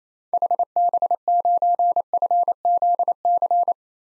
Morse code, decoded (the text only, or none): HB9FZC